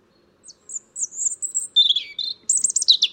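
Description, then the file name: European robin song: scattered very high thin notes build into tumbling warbles and a final burst of rapid, shrill twittering. "Erithacus rubecula"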